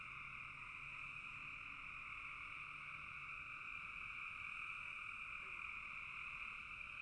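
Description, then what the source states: Chorus of many frogs producing a constant high, pulsing trill in two layers, with a faint lower hum in the first half. Frogs in a bog.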